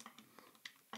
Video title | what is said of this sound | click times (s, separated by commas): S.H. Figuarts Metal Cooler (P-Bandai Exclusive) from Dragon Ball Z: The Return of Cooler | so when you put this in this actually puts a little bit of tension right there and it snaps right in | 0.7 s